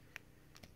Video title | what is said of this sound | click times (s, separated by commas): Marvel Legends Vision Hulkbuster BAF CHILL REVIEW | This waist actually snaps into place right here, so it | 0.2 s